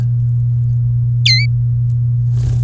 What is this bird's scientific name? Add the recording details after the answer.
Serinus canaria. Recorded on 3 May 2018 at 18:17. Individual llb3